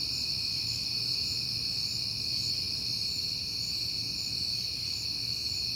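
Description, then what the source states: Continuous high-pitched cricket trilling, many insects blending into one even ringing drone, with soft low hum beneath. Crickets heard often in September; recorded at night on a peaceful night.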